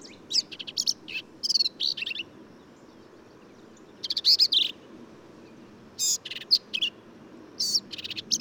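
Black-capped Vireo song: scratchy, chattering high phrases with quick slurred notes, one long burst at the start, then shorter phrases after a pause.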